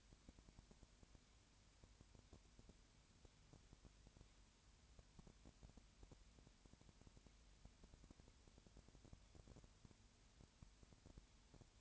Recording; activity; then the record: daily activity, microphone in the room; no activity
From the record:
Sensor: 2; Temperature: 20.4 degrees Celsius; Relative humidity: 35.5%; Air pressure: 1007.1 hPa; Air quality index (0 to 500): 122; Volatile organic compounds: 2 ppm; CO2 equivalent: 1258 ppm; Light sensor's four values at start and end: 2/3/2/2 and 2/3/2/2